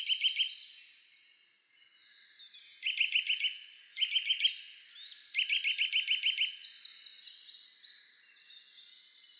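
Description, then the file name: Eurasian nuthatch repeating fast runs of bright piping notes, the longest run lasting about a second, against steady high chirping and twittering from other birds. "Sitta europaea"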